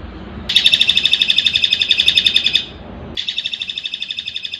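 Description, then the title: Streaked spiderhunter song: a rapid, steady chatter of sharp high notes lasting about two seconds, then a second, softer burst after a short pause. Long, clear, vigorous song, used as a tutor recording for training birds. "Pijantung Gunung Gacor Jernih Panjang"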